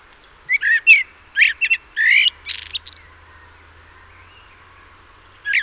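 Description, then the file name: Common blackbird utters a string of scratchy, chattering notes at varied pitch, then falls silent before one more note at the end. "Turdus merula"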